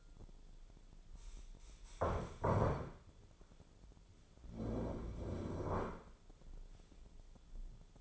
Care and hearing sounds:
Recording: daily activity, microphone in the room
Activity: stand up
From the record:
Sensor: 5

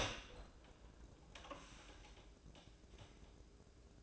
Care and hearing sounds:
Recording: daily activity, microphone in the room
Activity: open door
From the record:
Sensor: 2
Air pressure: 1012.1 hPa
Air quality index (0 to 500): 161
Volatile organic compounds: 2 ppm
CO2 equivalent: 1178 ppm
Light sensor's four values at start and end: 348/867/352/367 and 348/868/352/367

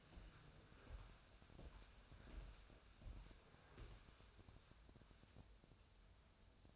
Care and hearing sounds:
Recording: daily activity, microphone in the room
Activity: walk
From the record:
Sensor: 2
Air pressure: 1015.2 hPa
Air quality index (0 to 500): 124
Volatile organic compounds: 4 ppm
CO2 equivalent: 1591 ppm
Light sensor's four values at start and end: 9/26/9/11 and 11/30/11/13

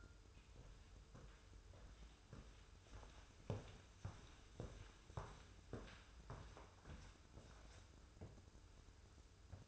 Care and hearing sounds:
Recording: daily activity, microphone in the room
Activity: walk to room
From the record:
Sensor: 2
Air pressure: 994.2 hPa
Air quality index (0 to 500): 208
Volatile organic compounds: 1000 ppm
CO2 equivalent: 6834 ppm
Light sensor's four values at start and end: 68/156/65/65 and 65/149/62/62

